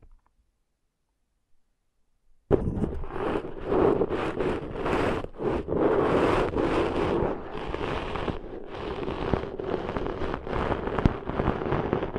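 Ear cleaning sounds begin abruptly after about two and a half seconds of silence, then continue as dense, rough scratching and crackling with no pauses. Bursts of sharp rustle and scraping come several times a second, with brief louder pops scattered throughout.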